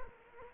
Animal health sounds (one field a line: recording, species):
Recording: mosquito wingbeat signal from an infrared sensor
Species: Culex quinquefasciatus